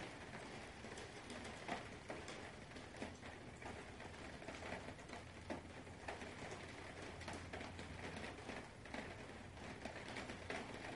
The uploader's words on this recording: The gentle rumble of distant thunder harmonizes with a steady downpour of rain. As the subtle thunder rolls across the sky, it brings with it a sense of calm and continuity, while the constant rainfall weaves a soothing tapestry of sound. Subtle Thunder and Steady Rainfall.